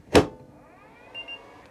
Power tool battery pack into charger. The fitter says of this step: hier identisch der akku wird einfach drauf gesteckt rastet ein und beginnt automatisch zu laden